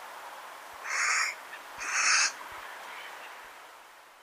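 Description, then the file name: Carrion crow giving two harsh, broad caws about a second apart, over faint background hiss. "Corvus corone"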